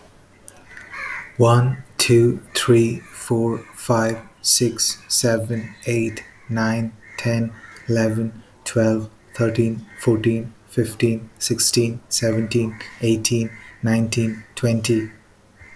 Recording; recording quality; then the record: counting at a normal pace; excellent, no background noise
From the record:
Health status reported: healthy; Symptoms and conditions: none ticked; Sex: male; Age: 37 years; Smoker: not ticked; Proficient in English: yes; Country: India